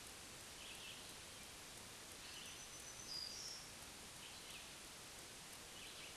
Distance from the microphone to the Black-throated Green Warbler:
about 50 m